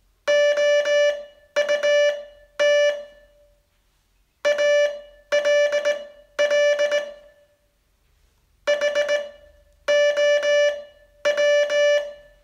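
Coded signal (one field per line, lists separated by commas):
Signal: Morse code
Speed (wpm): 18 wpm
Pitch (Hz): 580 Hz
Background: music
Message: OUT ALL HOW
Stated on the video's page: Day 35 test of a 42-day Morse training course.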